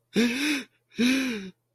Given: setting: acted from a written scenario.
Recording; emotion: vocal sound without words; sadness